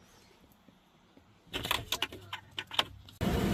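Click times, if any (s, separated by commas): 1.7 s, 1.9 s, 2.0 s, 2.6 s, 2.8 s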